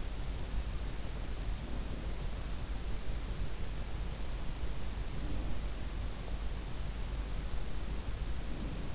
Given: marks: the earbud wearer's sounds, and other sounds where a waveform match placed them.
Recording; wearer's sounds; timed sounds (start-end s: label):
sounds in sleep by an in-ear microphone; breath
1.59-2.07 s: breath
5.12-5.58 s: breath
8.44-8.95 s: breath